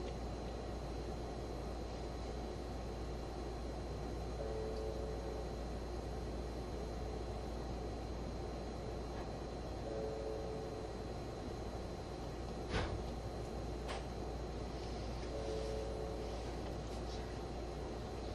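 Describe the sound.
Inside a green car, a steady low engine and motor hum runs throughout, with a faint repeating tone and a brief click near thirteen seconds.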